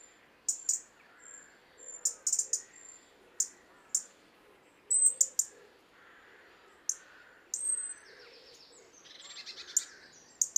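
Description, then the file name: European robin calls, a series of sharp high ticks and thin high notes, irregularly spaced. "Erithacus rubecula"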